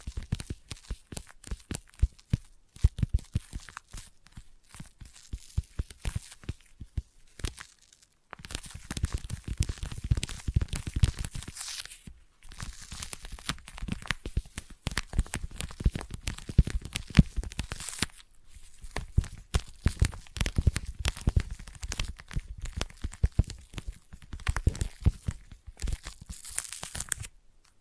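Intense sticky tapping, a dense run of quick, crackling taps and peeling sounds with a tacky, tearing texture. The pace stays fast throughout, broken by brief pauses near 3, 8, 12 and 18 seconds, with louder bursts clustering in the middle and later stretches.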